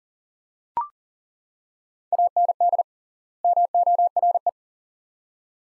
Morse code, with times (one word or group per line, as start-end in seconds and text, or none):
2.1-2.8 AND
3.4-4.5 MORE